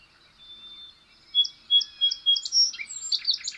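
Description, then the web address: Birdsong: a thin steady whistle, then short bright notes and a high slur that run into a rapid chattering phrase. Birds singing in a grove. "sonido de pajaros cantando en un bosquecillo"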